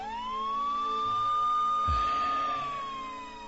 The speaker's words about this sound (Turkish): Ambulans geliyor başkomiserim.